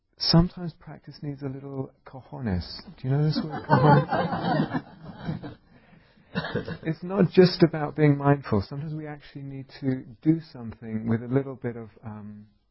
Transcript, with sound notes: Sometimes practice needs a little cojones. Do you know this word? [laughter] It's not just about being mindful. Sometimes we actually need to do something with a little bit of oomph,